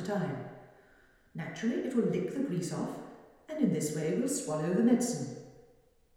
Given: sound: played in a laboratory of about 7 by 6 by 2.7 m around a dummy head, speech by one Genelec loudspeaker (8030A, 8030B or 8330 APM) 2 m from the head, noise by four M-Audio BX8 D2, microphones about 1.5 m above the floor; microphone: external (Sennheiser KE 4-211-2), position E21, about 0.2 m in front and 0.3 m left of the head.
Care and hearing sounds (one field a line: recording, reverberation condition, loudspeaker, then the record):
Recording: female speech in English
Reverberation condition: high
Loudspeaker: in front (0 degrees)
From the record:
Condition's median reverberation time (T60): about 1300 ms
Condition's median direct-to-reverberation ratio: about -4.0 dB